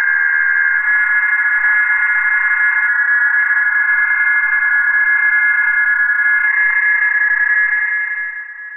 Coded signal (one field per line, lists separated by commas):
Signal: PSK31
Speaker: very close and still maintain a communication so